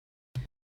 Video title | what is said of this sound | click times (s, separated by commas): CALL OF DUTY HAS FIGURES NOW?! JAZWARES ALEX MASON REVIEW - DOOM REVIEWS | no worries snaps back in so I don't know that might be a little bit of a downside | 0.4 s